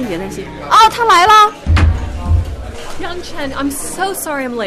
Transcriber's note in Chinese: Door closing. Bags rustling